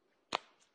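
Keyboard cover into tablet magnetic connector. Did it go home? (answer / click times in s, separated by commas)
yes / 0.4 s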